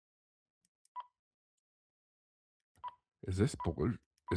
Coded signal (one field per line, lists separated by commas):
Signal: none